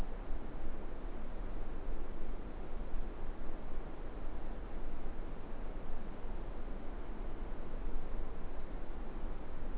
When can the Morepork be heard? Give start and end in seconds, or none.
none